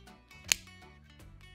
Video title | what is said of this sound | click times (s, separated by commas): How to Build a Wireless Delivery Bot - KiwiCo | Going take these orange Clips and snap them into place | 0.5 s